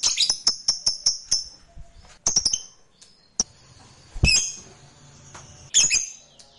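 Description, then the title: Lovebird chirping in a quick burst of short, high notes, then several scattered sharp calls separated by pauses. Fighter lovebird; the recording is titled for its ngekek panjang, a long trill. "Suara Lovebird FIGHTER NGEKEK PANJANG"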